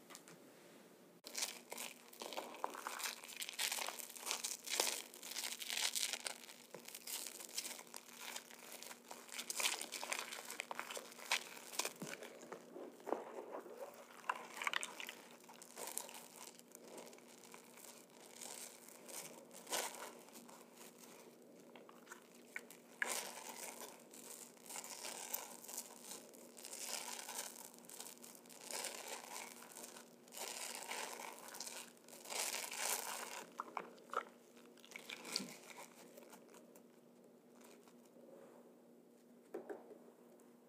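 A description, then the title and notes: Soapy, sudsy sounds crackle and fizz continuously for the whole stretch, dense with tiny bright pops and crinkles that swell and thin out in waves. A faint steady hum runs underneath. ASMR Soapy Sounds. Soapy and sudsy sounds.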